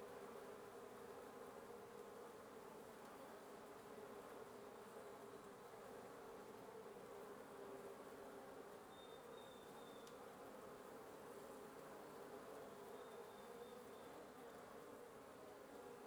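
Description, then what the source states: Wasp buzz from many insects, an unbroken drone, with a short thin whistle-like sound and a click midway and another faint whistle later. Wasp nest under the roof of the recordist's residence at 1a Avenida Nte 19, Antigua Guatemala, Guatemala; recorded in the morning; headphone listening recommended.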